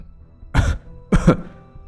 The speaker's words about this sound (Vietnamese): Anh … ho lên như được mùa.